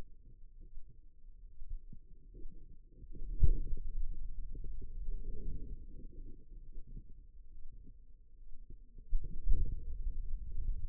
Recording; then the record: forearm muscle sounds (acoustic myography)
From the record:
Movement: pen grasping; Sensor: system 2, bracelet of six BSWA MPA416 microphones around the upper forearm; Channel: 4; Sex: female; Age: 25 years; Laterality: right